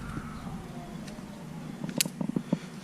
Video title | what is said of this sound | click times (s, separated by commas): 2006-2013 Chevy Impala Fog Light Bulb Replacement - EASY STEPS | and it just clicks in place. | 2.0 s